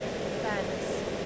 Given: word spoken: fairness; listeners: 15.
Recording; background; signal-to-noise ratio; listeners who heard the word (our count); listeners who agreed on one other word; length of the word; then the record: one English word in noise, from a listening test; speech-shaped noise; -6.9 dB; 1 of 15; 10 of 15; 0.86 s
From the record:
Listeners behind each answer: 10, 1, 1, 1, 1, 1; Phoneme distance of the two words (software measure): 17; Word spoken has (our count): 2 syllables, 5 phonemes, stress on syllable 1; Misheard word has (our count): 1 syllable, 4 phonemes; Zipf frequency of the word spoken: 4.05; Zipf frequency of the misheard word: 4.31